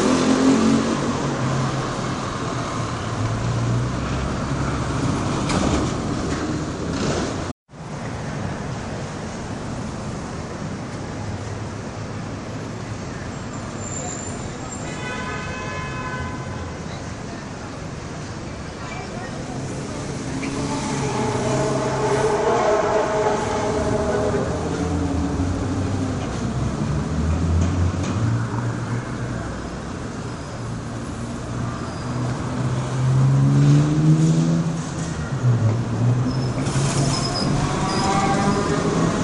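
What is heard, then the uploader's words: City atmosphere with a steady roar of passing traffic, brief voices around 15 and 22 seconds, a sudden dropout near seven seconds, and later tonal squeals. El sonido del ambiente de una ciudad. City atmosphere.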